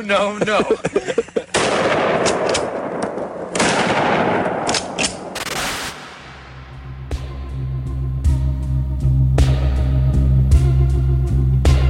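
Loud, sharp gunshots crack out in an irregular series, a quick flurry at first and then spaced single blasts, followed by a low rumbling drone with scattered smaller pops.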